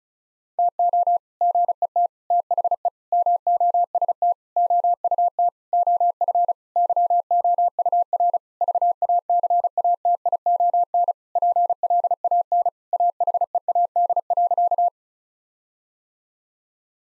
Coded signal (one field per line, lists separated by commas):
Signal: Morse code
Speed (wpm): 34 wpm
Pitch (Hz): 700 Hz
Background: none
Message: TO GET THE MOST OUT OF YOUR VACATION PLAN AHEAD.